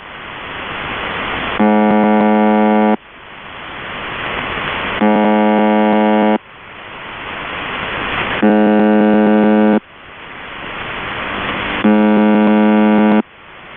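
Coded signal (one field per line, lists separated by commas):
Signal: channel marker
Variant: UVB-76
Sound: short harsh low buzzes, about 1.3 seconds each, repeating every few seconds between hiss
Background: radio static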